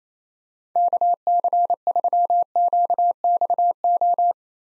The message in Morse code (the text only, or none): KC3QXO